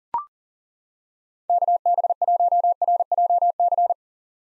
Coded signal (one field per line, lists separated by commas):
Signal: Morse code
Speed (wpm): 40 wpm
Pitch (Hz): 700 Hz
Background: none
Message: KB1RJC